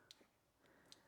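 On a Volvo V90/V90CC, the grey collar on the washer fluid hose quick coupling at the car's front end is pushed up while the plastic hose is pulled outward, as part of fitting auxiliary lights behind the grille. Sharp clicks are heard at 0.1 s and 0.9 s. The coupling's lock releases and the hose comes free.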